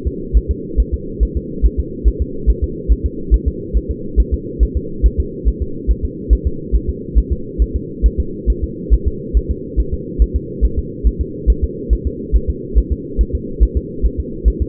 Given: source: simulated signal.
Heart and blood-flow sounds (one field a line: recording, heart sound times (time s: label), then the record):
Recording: fetal heart sounds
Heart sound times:
0.07 s: S2
0.37 s: S1
0.51 s: S2
0.80 s: S1
0.94 s: S2
1.23 s: S1
1.37 s: S2
1.65 s: S1
1.80 s: S2
2.08 s: S1
2.22 s: S2
2.50 s: S1
2.64 s: S2
2.92 s: S1
3.06 s: S2
3.34 s: S1
3.48 s: S2
3.77 s: S1
3.91 s: S2
4.20 s: S1
4.34 s: S2
4.63 s: S1
4.77 s: S2
5.06 s: S1
5.20 s: S2
5.48 s: S1
5.62 s: S2
5.91 s: S1
6.05 s: S2
6.33 s: S1
6.47 s: S2
6.75 s: S1
6.89 s: S2
7.18 s: S1
7.32 s: S2
7.62 s: S1
7.76 s: S2
8.06 s: S1
8.20 s: S2
8.50 s: S1
8.64 s: S2
8.94 s: S1
9.08 s: S2
9.37 s: S1
9.51 s: S2
9.80 s: S1
9.94 s: S2
10.22 s: S1
10.36 s: S2
10.65 s: S1
10.79 s: S2
11.07 s: S1
11.21 s: S2
11.50 s: S1
11.64 s: S2
11.93 s: S1
12.07 s: S2
12.36 s: S1
12.50 s: S2
12.78 s: S1
12.92 s: S2
13.21 s: S1
13.35 s: S2
13.63 s: S1
13.77 s: S2
14.06 s: S1
14.20 s: S2
14.48 s: S1
14.62 s: S2
From the record:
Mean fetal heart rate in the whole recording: 140 bpm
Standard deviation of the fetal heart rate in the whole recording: 2 bpm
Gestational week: 34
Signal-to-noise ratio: -4.3 dB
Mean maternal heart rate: 72 bpm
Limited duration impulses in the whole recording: absent